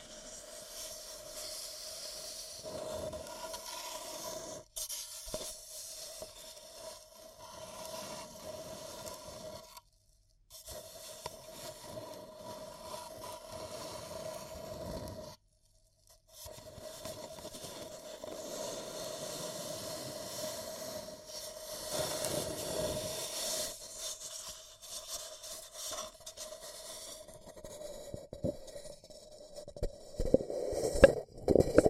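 Paper cup tingles: soft scraping and rustling with a steady hiss and a faint held tone underneath. The rubbing comes in uneven passes, broken by brief full silences near 5, 10 and 15 seconds. Sharper crinkly clicks pick up over the last few seconds.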